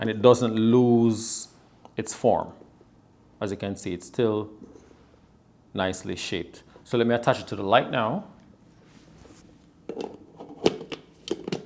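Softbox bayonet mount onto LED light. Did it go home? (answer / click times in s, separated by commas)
no / none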